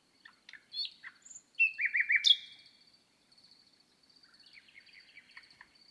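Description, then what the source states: Common nightingale phrase of quick rising whistled notes repeated in a fast series, followed by a softer trill, with a thin steady pulsing tone throughout. At night on 6 May 2018, microphones at the foot of a bush, 1000 m altitude on the Lesches-en-Diois plateau, Drôme, France; listened for two hours.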